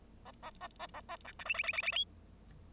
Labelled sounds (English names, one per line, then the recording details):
Bengalese Finch song
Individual Bird0